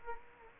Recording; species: mosquito wingbeat signal from an infrared sensor; Culex quinquefasciatus